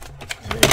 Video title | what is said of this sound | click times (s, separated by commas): Custom Binders for Review -- UniKeep Sticker Storage and Garden Planner | okay i'm gonna pop | 0.6 s